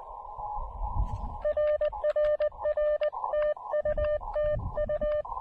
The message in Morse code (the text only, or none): RRR TU TU